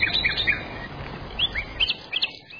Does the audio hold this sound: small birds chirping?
yes